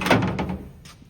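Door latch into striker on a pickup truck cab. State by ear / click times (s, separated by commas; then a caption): seated / 0.0 s, 0.4 s. A freshly painted 1984 C10 pickup truck's door, just aligned, is swung shut, and its latch catches the cab's striker. A heavy thunk at 0.0 s is followed by a second click at 0.4 s, and the door latches cleanly and seats.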